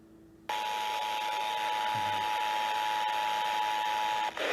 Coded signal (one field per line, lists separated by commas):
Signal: Emergency Alert System (SAME) tones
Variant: 853 and 960 Hz attention tone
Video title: EAS Alert #48-51 - NWS Required Monthly Test on WWG24, KOMO-TV, KIRO-FM, and KIRO-AM [10/15/20]